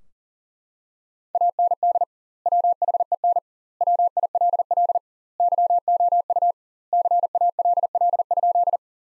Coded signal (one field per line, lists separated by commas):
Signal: Morse code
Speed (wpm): 40 wpm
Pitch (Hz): 700 Hz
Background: none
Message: AND WHEN WILL YOU CALL?